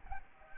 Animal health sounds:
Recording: mosquito wingbeat signal from an infrared sensor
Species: Aedes aegypti

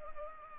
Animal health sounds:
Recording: mosquito wingbeat signal from an infrared sensor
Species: Anopheles arabiensis

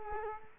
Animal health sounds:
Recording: mosquito wingbeat signal from an infrared sensor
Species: Culex quinquefasciatus

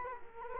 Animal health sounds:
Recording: mosquito wingbeat signal from an infrared sensor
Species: Culex quinquefasciatus

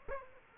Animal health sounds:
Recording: mosquito wingbeat signal from an infrared sensor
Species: Aedes aegypti

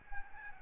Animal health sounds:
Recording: mosquito wingbeat signal from an infrared sensor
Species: Aedes albopictus

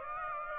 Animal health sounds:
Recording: mosquito wingbeat signal from an infrared sensor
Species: Aedes aegypti

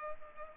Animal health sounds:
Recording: mosquito wingbeat signal from an infrared sensor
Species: Culex pipiens

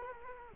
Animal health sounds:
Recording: mosquito wingbeat signal from an infrared sensor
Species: Culex quinquefasciatus

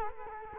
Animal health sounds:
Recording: mosquito wingbeat signal from an infrared sensor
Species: Culex quinquefasciatus

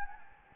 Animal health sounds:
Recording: mosquito wingbeat signal from an infrared sensor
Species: Anopheles gambiae

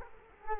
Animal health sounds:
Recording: mosquito wingbeat signal from an infrared sensor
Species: Culex quinquefasciatus

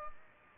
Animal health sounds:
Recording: mosquito wingbeat signal from an infrared sensor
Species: Culex pipiens

